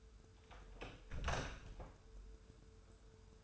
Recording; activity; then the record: daily activity, microphone in the room; close door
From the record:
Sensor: 2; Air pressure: 1015.0 hPa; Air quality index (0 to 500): 160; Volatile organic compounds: 8 ppm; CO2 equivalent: 2077 ppm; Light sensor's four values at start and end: 13/35/14/15 and 13/35/14/15